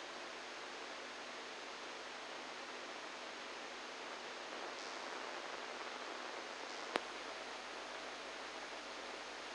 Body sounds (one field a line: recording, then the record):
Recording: brain microelectrode recording played as sound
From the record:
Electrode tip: inside the subthalamic nucleus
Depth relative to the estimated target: -4 mm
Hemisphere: right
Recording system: NeuroSet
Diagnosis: Parkinson's disease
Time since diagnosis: 10 years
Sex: male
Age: 63 years